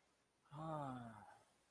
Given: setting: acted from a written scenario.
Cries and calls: vocal sound without words; desire

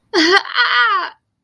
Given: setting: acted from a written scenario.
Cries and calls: vocal sound without words; amusement

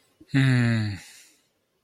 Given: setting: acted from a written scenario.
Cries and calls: vocal sound without words; shame

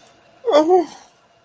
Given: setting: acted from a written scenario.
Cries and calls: vocal sound without words; sadness

